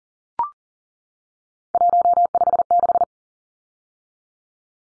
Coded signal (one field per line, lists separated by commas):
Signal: Morse code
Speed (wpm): 40 wpm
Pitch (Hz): 700 Hz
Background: none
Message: 156